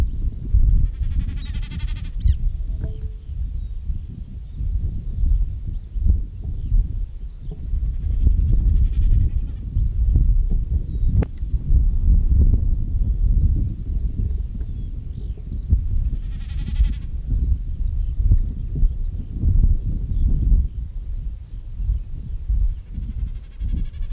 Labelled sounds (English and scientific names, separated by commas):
Common Snipe (Gallinago gallinago)